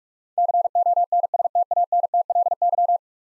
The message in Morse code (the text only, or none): CONSTANTLY